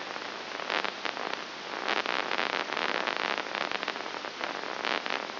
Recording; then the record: brain microelectrode recording played as sound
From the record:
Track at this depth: inside the subthalamic nucleus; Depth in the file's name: 2.901 mm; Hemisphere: right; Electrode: 2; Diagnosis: Parkinson's disease